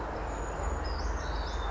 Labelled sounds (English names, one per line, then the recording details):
Western Flycatcher
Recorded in Sonoma County, California